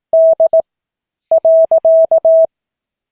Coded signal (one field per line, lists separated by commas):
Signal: Morse code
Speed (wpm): 18 wpm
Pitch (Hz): 650 Hz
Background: none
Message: D .